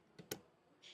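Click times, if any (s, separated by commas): 0.3 s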